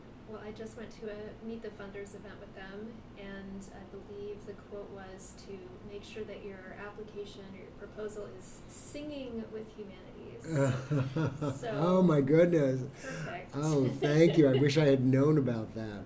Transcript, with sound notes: Well, I just went to a Meet the Funders event with them, and I believe the quote was to make sure that your application and your proposal to them is “singing with humanities.”
[laughs] Oh my goodness! Oh thank you, I wish I had known about that.